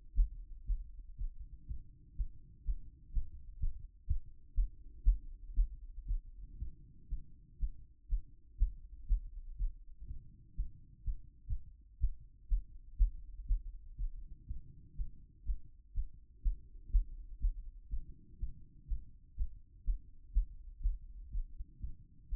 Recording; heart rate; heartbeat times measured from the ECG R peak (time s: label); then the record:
heart sounds by stethoscope; 122 bpm
0.14 s: heartbeat
0.65 s: heartbeat
1.15 s: heartbeat
1.65 s: heartbeat
2.15 s: heartbeat
2.64 s: heartbeat
3.12 s: heartbeat
3.59 s: heartbeat
4.06 s: heartbeat
4.54 s: heartbeat
5.03 s: heartbeat
5.53 s: heartbeat
6.05 s: heartbeat
6.57 s: heartbeat
7.08 s: heartbeat
7.58 s: heartbeat
8.08 s: heartbeat
8.57 s: heartbeat
9.06 s: heartbeat
9.56 s: heartbeat
10.05 s: heartbeat
10.54 s: heartbeat
11.03 s: heartbeat
11.46 s: heartbeat
11.99 s: heartbeat
12.47 s: heartbeat
12.96 s: heartbeat
13.46 s: heartbeat
13.95 s: heartbeat
14.45 s: heartbeat
14.95 s: heartbeat
15.44 s: heartbeat
15.93 s: heartbeat
16.41 s: heartbeat
16.90 s: heartbeat
17.39 s: heartbeat
17.88 s: heartbeat
18.38 s: heartbeat
18.87 s: heartbeat
19.35 s: heartbeat
19.84 s: heartbeat
20.32 s: heartbeat
20.80 s: heartbeat
21.29 s: heartbeat
21.78 s: heartbeat
22.28 s: heartbeat
From the record:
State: after exercise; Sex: male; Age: 52 years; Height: 176 cm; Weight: 105 kg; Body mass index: 33.90